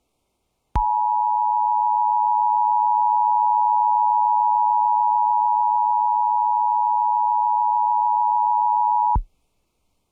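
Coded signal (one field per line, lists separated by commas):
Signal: Emergency Alert System (SAME) tones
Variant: 853 and 960 Hz attention tone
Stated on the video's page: Real EAS Severe Thunderstorm Warning relayed by an FM station via an EASyPLUS unit, originating from the National Weather Service.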